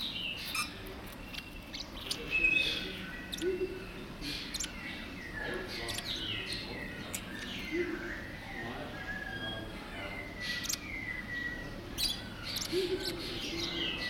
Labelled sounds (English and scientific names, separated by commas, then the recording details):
Mexican Parrotlet (Forpus cyanopygius)
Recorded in captivity
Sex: pair
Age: adult
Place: Zoo Berlin, Berlin, DE
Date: 1992-12-05 10:33
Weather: schwach sonnig, ca. 4°C
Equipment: Marantz CP 430, Sennheiser ME 80, Kopie Tesla B 116
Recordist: Tembrock, Günter
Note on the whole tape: Helle Lautfolgen von Paar mit Schnabelkontakt (ca. 50 cm)